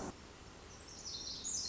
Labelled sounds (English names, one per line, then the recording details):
Pacific Wren
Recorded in Sonoma County, California